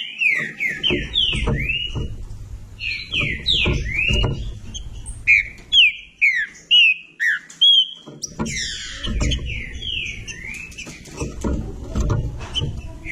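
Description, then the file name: Green-winged saltator song of rapid downslurred whistles in bursts, with a run of separate sharper notes midway, and low rumbling noise in parts. "canto do trinca ferro"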